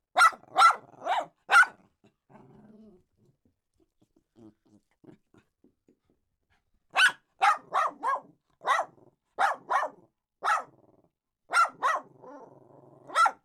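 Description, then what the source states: Dog barking: four sharp barks, a quiet pause with faint low grumbles, then a run of many barks. Small dog barking.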